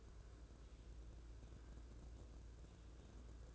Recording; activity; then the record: daily activity, microphone in the room; take from stove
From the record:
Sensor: 2